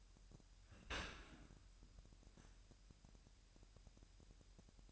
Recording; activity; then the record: daily activity, microphone in the room; open dishwasher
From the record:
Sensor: 2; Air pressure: 998.2 hPa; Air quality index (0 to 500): 146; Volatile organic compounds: 4 ppm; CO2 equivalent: 1657 ppm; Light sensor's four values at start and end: 10/30/12/12 and 10/30/12/12